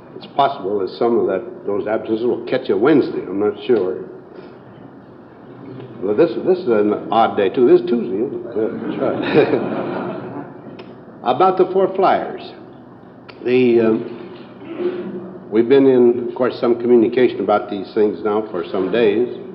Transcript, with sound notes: It is possible that some of those absences will catch a Wednesday, I am not sure. This is an odd day, too; this is Tuesday, isn’t it? [Laughter] About the four fliers: we have been in, of course, some communication about these things now for some days.